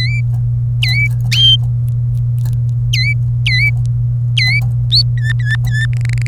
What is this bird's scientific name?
Serinus canaria